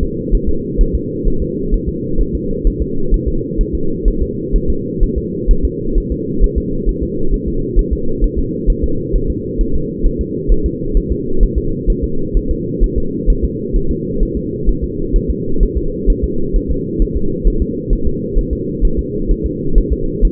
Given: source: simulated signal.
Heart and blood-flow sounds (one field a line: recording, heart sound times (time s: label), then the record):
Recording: fetal heart sounds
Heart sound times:
0.03 s: S2
0.34 s: S1
0.49 s: S2
0.81 s: S1
0.95 s: S2
1.27 s: S1
1.42 s: S2
1.74 s: S1
1.89 s: S2
2.21 s: S1
2.35 s: S2
2.67 s: S1
2.82 s: S2
3.14 s: S1
3.28 s: S2
3.61 s: S1
3.75 s: S2
4.08 s: S1
4.22 s: S2
4.56 s: S1
4.70 s: S2
5.03 s: S1
5.18 s: S2
5.51 s: S1
5.65 s: S2
5.98 s: S1
6.12 s: S2
6.44 s: S1
6.58 s: S2
6.89 s: S1
7.03 s: S2
7.34 s: S1
7.48 s: S2
7.79 s: S1
7.93 s: S2
8.24 s: S1
8.39 s: S2
8.70 s: S1
8.84 s: S2
9.16 s: S1
9.30 s: S2
9.61 s: S1
9.75 s: S2
10.06 s: S1
10.21 s: S2
10.52 s: S1
10.66 s: S2
10.97 s: S1
11.12 s: S2
11.43 s: S1
11.58 s: S2
11.90 s: S1
12.04 s: S2
12.37 s: S1
12.51 s: S2
12.83 s: S1
12.98 s: S2
13.30 s: S1
13.44 s: S2
13.76 s: S1
13.91 s: S2
14.23 s: S1
14.37 s: S2
14.69 s: S1
14.84 s: S2
15.16 s: S1
15.30 s: S2
15.63 s: S1
15.77 s: S2
16.10 s: S1
16.24 s: S2
16.56 s: S1
16.71 s: S2
17.02 s: S1
17.16 s: S2
17.47 s: S1
17.62 s: S2
17.93 s: S1
18.07 s: S2
18.39 s: S1
18.53 s: S2
18.85 s: S1
18.99 s: S2
19.31 s: S1
19.46 s: S2
19.78 s: S1
19.93 s: S2
20.25 s: S1
From the record:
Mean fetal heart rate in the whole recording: 130 bpm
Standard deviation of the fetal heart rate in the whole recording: 2 bpm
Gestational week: 38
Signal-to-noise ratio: -8.1 dB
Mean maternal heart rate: 72 bpm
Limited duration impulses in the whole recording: absent